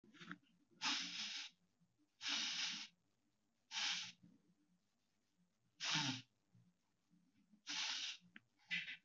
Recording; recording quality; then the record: shallow breathing; excellent, no background noise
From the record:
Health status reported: healthy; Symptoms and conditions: cold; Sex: male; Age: 26 years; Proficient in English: yes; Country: India